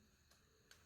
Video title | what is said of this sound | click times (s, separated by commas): How to Replace Xbox One Wifi Card - How to Open Xbox One Console | and then there you go here click in it's clipped in | 0.7 s